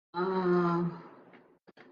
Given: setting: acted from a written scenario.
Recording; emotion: vocal sound without words; shame